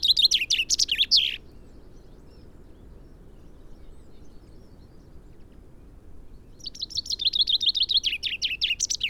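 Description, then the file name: Common chaffinch song heard twice: a fast run of chipping notes, then about five seconds of quiet before the phrase begins again. "Fringilla coelebs"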